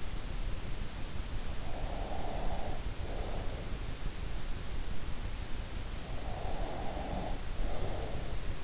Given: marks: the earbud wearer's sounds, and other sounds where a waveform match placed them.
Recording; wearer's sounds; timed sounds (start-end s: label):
sounds in sleep by an in-ear microphone; breath
1.41-3.87 s: breath
6.06-8.64 s: breath